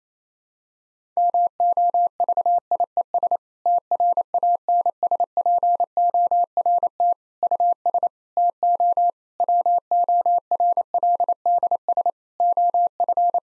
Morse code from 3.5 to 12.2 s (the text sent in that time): TRANSPORT US TO WORLDS